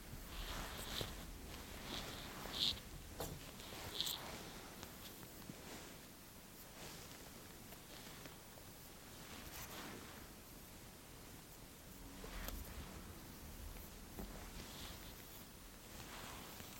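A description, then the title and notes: Soft, continuous fabric rustling and brushing sounds with a few sharp, brief snips near the two- and four-second marks, then steady gentle rubbing. Insanely Stimulating Eyebrow & Beard Measuring, Trimming, Massage.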